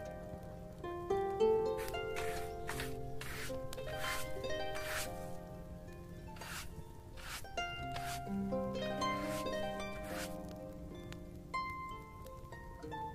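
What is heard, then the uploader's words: Lute music plays steadily with plucked, sustained notes over a low murmur, punctuated by brief bright clicks and rustles every second or two. Quiet tavern asmr ambience with relaxing lute background music. Lute music playing.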